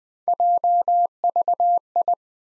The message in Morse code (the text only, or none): JVI